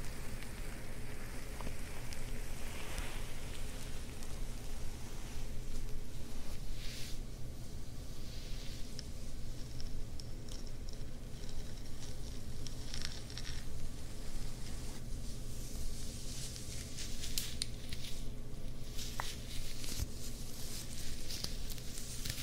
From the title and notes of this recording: ASMR Ear Massages + Fabric Scratching on 3DIO.